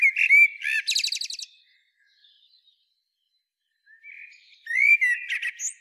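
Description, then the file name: Eurasian blackbird singing two phrases separated by a quiet pause, each a rich fluted whistle followed by thin, chattering high squeaks. "Turdus merula"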